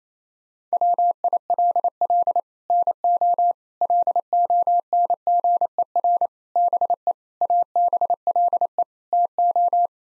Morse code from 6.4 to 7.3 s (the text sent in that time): BE